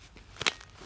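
The chin bar of a dual-homologated modular (flip-up) motorcycle helmet is pulled down, and its latch snaps shut with two sharp clicks at 0.4 s and 0.5 s. Fainter ticks are heard around them, and the latch is confirmed closed.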